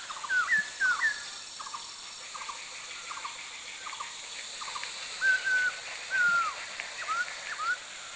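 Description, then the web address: Chestnut-backed laughingthrush calls: short rising and falling whistles, with a run of soft repeated notes between them and a light hiss throughout. Recorded in India. "India other Chestnut-backed LT"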